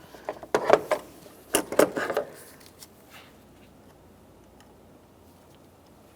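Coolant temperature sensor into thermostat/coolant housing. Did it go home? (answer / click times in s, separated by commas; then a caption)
yes / 0.6 s. A plastic coolant temperature sensor on a 2007-2017 Jeep Patriot is turned clockwise in its thermostat/coolant housing until its locking tab rides over its catch, giving a sharp click at 0.6 s that shows the sensor has seated and twist-locked. Several more short clicks and knocks follow until about 2.2 s, then the clip goes quiet.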